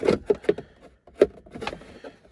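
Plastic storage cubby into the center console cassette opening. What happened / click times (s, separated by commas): A plastic insert is being handled and pushed in but has not yet snapped home / none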